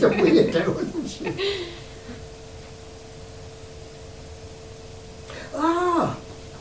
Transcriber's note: laughs